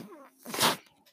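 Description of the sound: A short, soft hiss of rushing air swells and fades over about a third of a second, after a faint voiced murmur. This is the airflow of a mechanical ventilator delivering a breath to its user.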